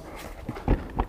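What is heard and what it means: A hard plastic Shad pannier box is slotted into the groove at the front of its side-mount on a Kawasaki Z900RS motorcycle, then pushed down onto the bike's pannier frame. Quiet handling noise and a soft knock around 0.5 s lead into sharp latch clicks at 0.7 s and 1.0 s. The box is seated and locked on, solid as a rock.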